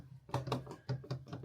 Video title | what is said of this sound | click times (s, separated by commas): Xbox Series X ISINMA SORUNUNA SON! TEMU'daki en iyi Xbox Series X AKSESUARI! #xboxseriesx | cuk diye oturmadı arkadaşlar ama | none